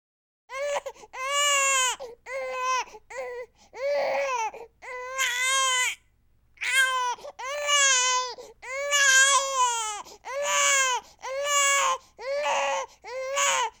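Repeated high-pitched wailing cries of an eight-week-old baby, about a dozen bursts with short breath pauses; ordinary crying in daily life.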